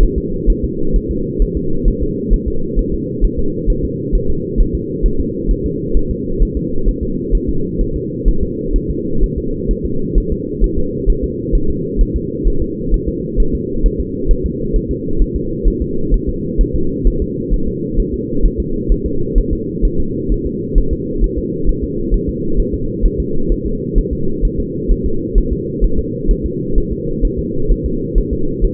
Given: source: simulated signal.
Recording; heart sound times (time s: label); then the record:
fetal heart sounds
0.03 s: S1
0.18 s: S2
0.50 s: S1
0.64 s: S2
0.96 s: S1
1.11 s: S2
1.42 s: S1
1.57 s: S2
1.88 s: S1
2.02 s: S2
2.34 s: S1
2.48 s: S2
2.79 s: S1
2.94 s: S2
3.25 s: S1
3.39 s: S2
3.70 s: S1
3.85 s: S2
4.15 s: S1
4.30 s: S2
4.61 s: S1
4.75 s: S2
5.06 s: S1
5.20 s: S2
5.51 s: S1
5.66 s: S2
5.97 s: S1
6.11 s: S2
6.42 s: S1
6.57 s: S2
6.88 s: S1
7.03 s: S2
7.35 s: S1
7.49 s: S2
7.81 s: S1
7.96 s: S2
8.28 s: S1
8.43 s: S2
8.76 s: S1
8.90 s: S2
9.23 s: S1
9.38 s: S2
9.71 s: S1
9.86 s: S2
10.18 s: S1
10.32 s: S2
10.64 s: S1
10.78 s: S2
11.10 s: S1
11.24 s: S2
11.55 s: S1
11.70 s: S2
12.01 s: S1
12.16 s: S2
12.47 s: S1
12.62 s: S2
12.94 s: S1
13.09 s: S2
13.40 s: S1
13.55 s: S2
13.86 s: S1
14.00 s: S2
14.31 s: S1
14.46 s: S2
14.76 s: S1
14.91 s: S2
15.22 s: S1
15.36 s: S2
15.68 s: S1
15.82 s: S2
16.14 s: S1
16.29 s: S2
16.61 s: S1
16.75 s: S2
17.07 s: S1
17.22 s: S2
17.54 s: S1
17.68 s: S2
18.00 s: S1
18.14 s: S2
18.45 s: S1
18.60 s: S2
18.92 s: S1
19.06 s: S2
19.38 s: S1
19.53 s: S2
19.85 s: S1
20.00 s: S2
20.32 s: S1
20.46 s: S2
20.78 s: S1
20.93 s: S2
21.24 s: S1
21.38 s: S2
21.69 s: S1
21.84 s: S2
22.14 s: S1
22.29 s: S2
22.60 s: S1
22.74 s: S2
23.05 s: S1
23.20 s: S2
23.52 s: S1
23.66 s: S2
23.98 s: S1
24.13 s: S2
24.45 s: S1
24.60 s: S2
24.92 s: S1
25.06 s: S2
25.38 s: S1
25.53 s: S2
25.84 s: S1
25.99 s: S2
26.31 s: S1
26.46 s: S2
26.78 s: S1
26.92 s: S2
27.25 s: S1
27.39 s: S2
27.71 s: S1
27.86 s: S2
28.18 s: S1
28.33 s: S2
28.65 s: S1
From the record:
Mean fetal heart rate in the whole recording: 130 bpm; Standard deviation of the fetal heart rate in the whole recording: 4 bpm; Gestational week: 38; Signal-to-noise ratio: -8.1 dB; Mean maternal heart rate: 72 bpm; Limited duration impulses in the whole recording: absent